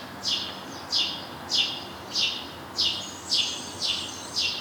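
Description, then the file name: House sparrow chirping, a steady run of harsh, descending chirps repeated about every half to three-quarters of a second, with faint background hiss. "Passer domesticus"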